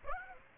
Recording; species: mosquito wingbeat signal from an infrared sensor; Aedes aegypti